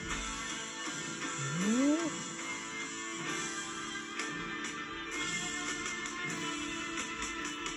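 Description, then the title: Cat giving one rising, drawn-out whining call with a low hum and faint background noise throughout. Male cat named Sam, enjoying himself. "Kater Sam kann auch gut genießen"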